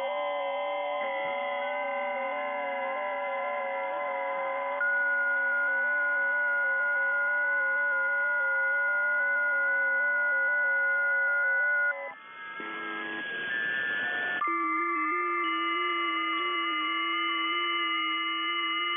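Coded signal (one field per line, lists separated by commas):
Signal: FT8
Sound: many overlapping steady whistling tones shifting pitch slightly, pausing briefly, then resuming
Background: radio static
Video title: FT8 on 40m Airspy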